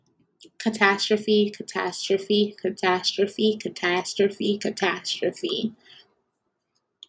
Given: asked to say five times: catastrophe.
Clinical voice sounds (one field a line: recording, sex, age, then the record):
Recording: repeated word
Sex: female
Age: 20 to 29 years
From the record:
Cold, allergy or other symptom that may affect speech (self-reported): no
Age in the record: 22 years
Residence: Texas, United States